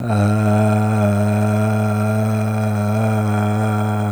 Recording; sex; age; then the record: sustained vowel /a/; male; 50 to 59 years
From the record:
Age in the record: 54 years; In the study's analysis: excluded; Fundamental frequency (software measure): 106 Hz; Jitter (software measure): 0.37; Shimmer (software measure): 1.67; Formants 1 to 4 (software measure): 681 Hz, 1402 Hz, 2426 Hz, 3389 Hz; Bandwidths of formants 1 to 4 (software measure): 96 Hz, 79 Hz, 111 Hz, 333 Hz